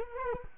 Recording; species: mosquito wingbeat signal from an infrared sensor; Culex quinquefasciatus